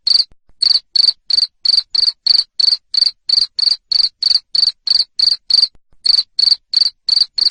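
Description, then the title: Cricket producing a continuous train of high, buzzy chirps around three per second, pausing briefly twice. Loud cricket chirping used to stimulate lovebirds to sing continuously. "Suara JANGKRIK NGERIK Keras Bikin LOVEBIRD Jadi NGEKEK Terus Vubey"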